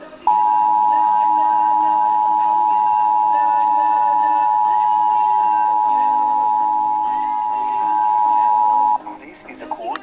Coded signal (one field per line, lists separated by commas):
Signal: Emergency Alert System (SAME) tones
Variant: 853 and 960 Hz attention tone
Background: speech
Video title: EAS Required Monthly Test #5